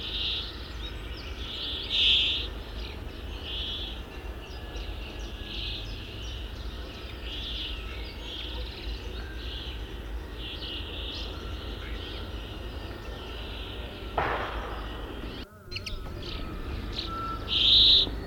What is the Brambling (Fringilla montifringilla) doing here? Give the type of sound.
song